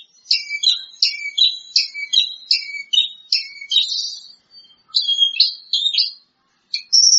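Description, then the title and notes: Bird song of quick repeated two-part chirped phrases, high notes dropping to lower ones, then a looser stretch of whistles and trills. "Kicau Burung Lengkap"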